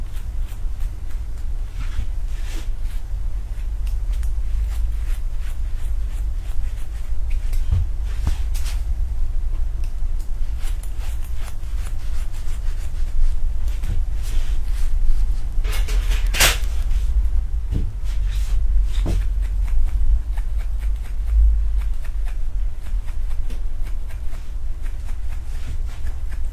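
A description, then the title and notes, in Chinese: A haircut: a steady low hum runs underneath while scattered short snips and rustles come and go throughout. Sharper clicks stand out now and then, the loudest just past the midpoint, with a few quieter ones around it. 3D音效 剪发。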